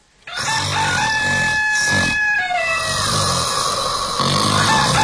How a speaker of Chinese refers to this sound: 又是打鼾，又是打鸣，还让不让人睡了？ 别叫了啊！告诉你，再叫我活吃了你！